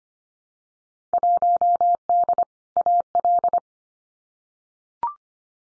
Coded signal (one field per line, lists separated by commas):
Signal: Morse code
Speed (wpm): 25 wpm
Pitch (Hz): 700 Hz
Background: none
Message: 1D AL